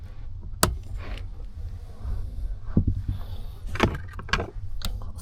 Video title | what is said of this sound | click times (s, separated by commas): 2027 Telluride X-Pro Subwoofer Install with (Meridian premium sound system) | Of course it doesn't latch on to the fuse. | none